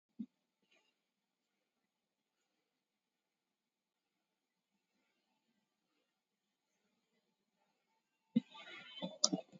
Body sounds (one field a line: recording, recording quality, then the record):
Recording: deep breathing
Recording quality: poor, much background noise or distortion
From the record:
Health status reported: COVID-19 positive, mild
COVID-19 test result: positive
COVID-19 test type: RT-PCR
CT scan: taken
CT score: 7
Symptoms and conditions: cough, cold, breathing difficulty, hypertension, diabetes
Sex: male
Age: 68 years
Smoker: no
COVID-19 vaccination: one dose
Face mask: worn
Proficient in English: yes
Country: India